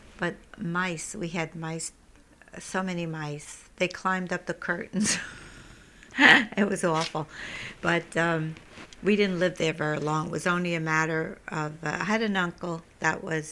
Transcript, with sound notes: But mice, we had mice, so many mice. They climbed up the curtains. ( she laughs ) It was awful. But we didn't live there very long. It was only a matter of, I had an uncle that was